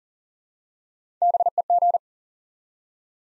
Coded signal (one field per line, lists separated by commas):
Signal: Morse code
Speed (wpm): 39 wpm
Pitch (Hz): 700 Hz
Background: none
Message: BEG